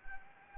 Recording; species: mosquito wingbeat signal from an infrared sensor; Anopheles gambiae